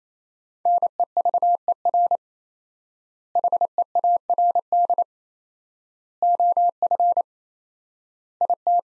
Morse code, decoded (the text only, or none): NEVER HEARD OF IT